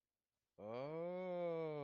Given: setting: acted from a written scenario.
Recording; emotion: vocal sound without words; realization